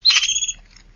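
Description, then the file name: Hedgehog giving a single shrill, high squeaky call about half a second long, fading out against a quiet background. "herisson"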